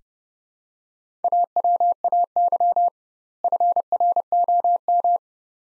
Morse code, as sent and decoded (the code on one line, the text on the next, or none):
.- .-- .- -.-- / ..-. .-. --- --
AWAY FROM